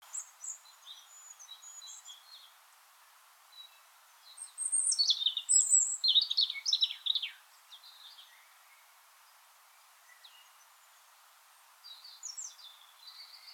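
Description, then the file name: European robin singing a rich, tumbling phrase of high warbled and trilled notes in the middle, quieter thin notes before and after, over faint background hiss. "Erithacus rubecula"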